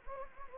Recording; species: mosquito wingbeat signal from an infrared sensor; Anopheles gambiae